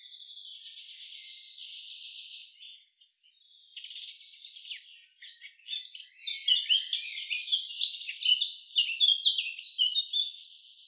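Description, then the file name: Eurasian blackcap song: after a steady high hiss, a quiet scratchy warble builds into loud, rich, varied fluty phrases that continue to the end. "Sylvia atricapilla"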